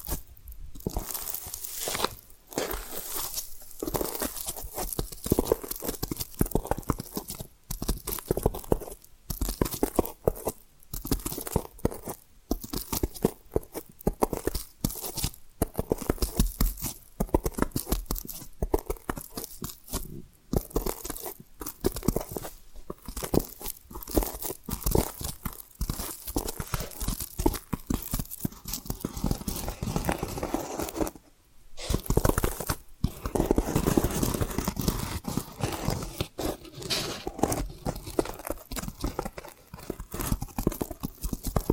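Tapping and scratching run continuously for the whole stretch, dense and crackly, with rapid bursts and brief gaps between strokes. The sound is bright and gritty, almost crunchy, with a short near-silent pause around the 31-second mark before the scratching resumes.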